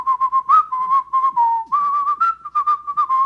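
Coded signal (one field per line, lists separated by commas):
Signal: whistled language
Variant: whistled Quebec French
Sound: a single whistled line gliding around 1 kHz in speech-like syllables for three seconds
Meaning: There is rust on the key ring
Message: il ya de la rouille sur le porte-clés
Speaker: exemple si un québécois je veux dire qu'il ya de la rouille sur le porte-clés ici je veux faire comme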